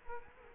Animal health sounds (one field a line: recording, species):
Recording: mosquito wingbeat signal from an infrared sensor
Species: Culex quinquefasciatus